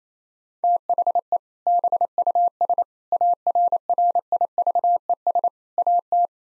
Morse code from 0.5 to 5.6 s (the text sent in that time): THE BUS ARRIVES